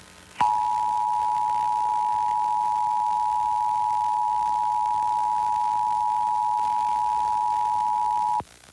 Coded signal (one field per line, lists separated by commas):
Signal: Emergency Alert System (SAME) tones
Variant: 853 and 960 Hz attention tone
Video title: Pennsylvania Required Monthly Tests (11/17/22)(EAS 1272-1281)